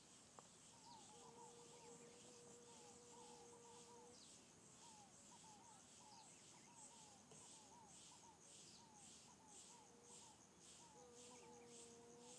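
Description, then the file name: Crickets chirping in high pulses about twice a second, while birds give repeated short arched whistles and a steady hiss runs underneath. Open field in the afternoon, with birds calling. "Ambiente em descampado a tarde passaros grilos e moscas"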